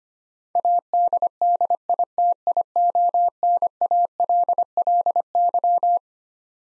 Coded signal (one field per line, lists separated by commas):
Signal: Morse code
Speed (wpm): 25 wpm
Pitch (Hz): 700 Hz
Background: none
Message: ADDITIONALLY